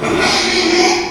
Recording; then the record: squeal of a Yucatan mini pig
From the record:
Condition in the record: after surgery on the right vocal fold (resection and tissue-engineered implant); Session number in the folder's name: 2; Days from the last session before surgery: 13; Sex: male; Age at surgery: 12 weeks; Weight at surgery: 13 kg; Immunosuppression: cyclosporine, prednisolone